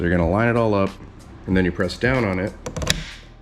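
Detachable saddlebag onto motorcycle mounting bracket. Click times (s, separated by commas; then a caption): 2.9 s. A detachable motorcycle saddlebag is lined up on its metal mounting pieces and pressed down onto the bracket while someone talks. A few small knocks are followed by a sharp click at 2.9 s as the quick-release latch locks home, and the bag is seated solidly.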